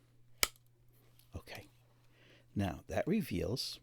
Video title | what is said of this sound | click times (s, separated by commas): RETINA 1A Film Camera MADE IN GERMANY Review Photography Class 5 | open it till it clicks | 0.4 s